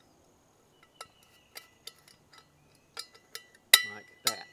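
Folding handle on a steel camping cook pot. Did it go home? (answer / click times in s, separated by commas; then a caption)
yes / 3.7 s. A folding handle on a steel camping cook pot is swung up until it locks in place. Faint metallic ticks and clinks are followed by a sharp, bright metal clink at 3.7 s as the lock engages, then one more clink. The handle is locked in place.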